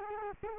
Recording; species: mosquito wingbeat signal from an infrared sensor; Culex quinquefasciatus